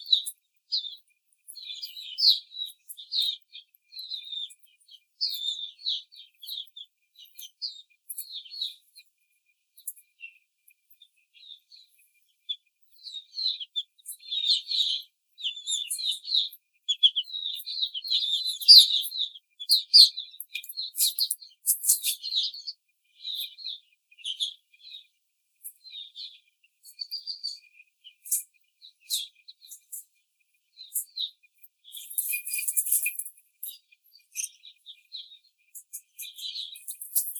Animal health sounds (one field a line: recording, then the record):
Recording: young laying hens in a cage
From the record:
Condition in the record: treatment cage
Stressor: simulated dog barking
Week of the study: 5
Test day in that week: 1